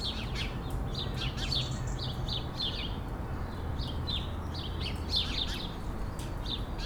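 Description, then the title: Sparrows chirping steadily in quick, slightly downslurred notes that overlap one another, while traffic rumbles low in the background. Several sparrows sheltering in a laurel bush at 11 Rue de l'Église, Bassens, France, around 6 pm, with traffic noise. "11 Rue de l'Église, Bassens, France - Moineaux"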